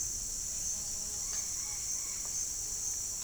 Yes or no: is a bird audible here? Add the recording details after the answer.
no. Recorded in pastures near Puerto Asís, Putumayo, Colombia, on 25 June 2025 at 08:30. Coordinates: 0.466, -76.322. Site GP07